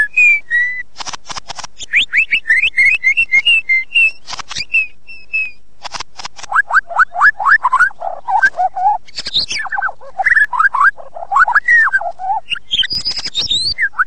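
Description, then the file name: White-rumped shama song of clear whistled phrases, rising and falling slurs and quick downward notes, broken by sharp clicks and short pauses, phrases changing every second or two. Indonesian masteran (tutor recording for training songbirds) of murai batu, a creation by Om BP, original version. "masteran murai batu kreasi om bp versi asli omkicau"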